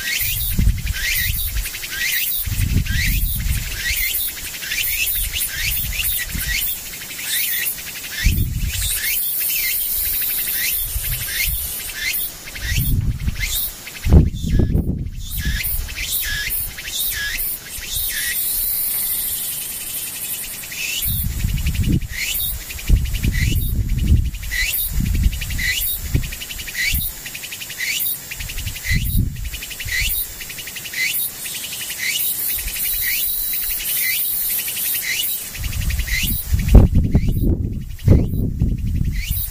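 Insects trill in a dense, high, nearly continuous chorus, pulsing in quick regular beats throughout. Low rumbling gusts, likely wind, swell and fade repeatedly, with a brief near-silent break around fifteen seconds. Faint bird chirps may sit in the background.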